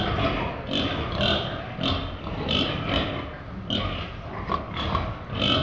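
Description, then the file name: Pigs squealing and grunting in quick, overlapping bursts, sharp nasal squeals rising above a constant rough background of snorts and shuffling. Pigs in a pen. "Animal Pigs in a Pen"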